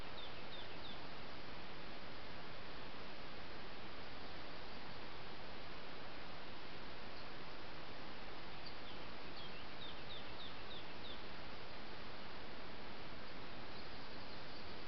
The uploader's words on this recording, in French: Forêt 1200 m — Juin-Juillet 2020.